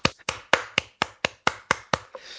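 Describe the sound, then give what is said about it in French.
Applause for a participant who has just failed a memory game, as a brisk, even run of about ten sharp hand claps, roughly four per second, crisp and fairly loud with no voices. “Donc voilà, maintenant vous pouvez l'applaudir bien fort, même si vous avez raté.”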